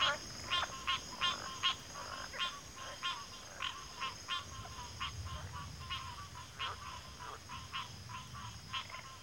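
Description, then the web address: Steady shrill cricket trilling fills the background while frogs croak in short repeated bursts. Chorus of crickets at a backwater. "WLL Grade 1-12 Pre-Uni Library Natures Songs Sleep Sounds of Nature CRICKETS Backwater Chorus"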